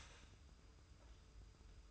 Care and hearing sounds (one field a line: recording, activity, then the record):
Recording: daily activity, microphone in the room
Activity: start toaster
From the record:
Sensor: 2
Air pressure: 990.5 hPa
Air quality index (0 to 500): 164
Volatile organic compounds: 855 ppm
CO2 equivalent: 5174 ppm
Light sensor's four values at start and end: 29/68/28/28 and 29/68/28/28